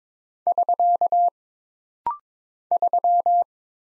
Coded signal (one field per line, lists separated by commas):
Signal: Morse code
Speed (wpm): 22 wpm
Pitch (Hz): 700 Hz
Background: none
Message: <SK> 3